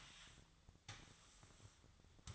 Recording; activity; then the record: daily activity, microphone in the room; sweep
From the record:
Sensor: 3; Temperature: 24.4 degrees Celsius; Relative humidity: 34.2%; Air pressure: 1004.7 hPa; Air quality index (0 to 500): 87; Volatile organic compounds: 3 ppm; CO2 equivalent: 1326 ppm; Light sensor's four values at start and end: 7/17/7/6 and 7/17/7/6